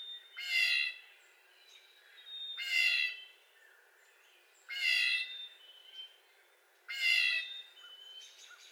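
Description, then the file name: Blue jay giving harsh, nasal whiny calls, four, spaced about two seconds apart, with faint high chirps of other birds between them. Recorded 25 April 2022; blue jay making a series of 22 whiny calls. "2022-04-25 Blue Jay making 22 whiny jay calls"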